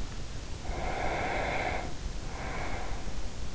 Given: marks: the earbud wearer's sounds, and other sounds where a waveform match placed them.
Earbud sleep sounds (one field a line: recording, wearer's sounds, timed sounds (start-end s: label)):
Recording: sounds in sleep by an in-ear microphone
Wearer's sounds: breath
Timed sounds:
0.45-3.55 s: breath